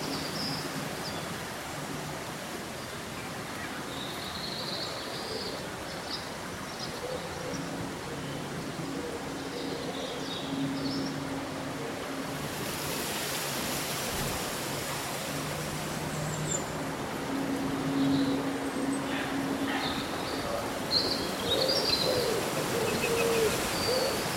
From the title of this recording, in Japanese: そよ風の吹く夏の日、ざわめく葉と鳥のさえずり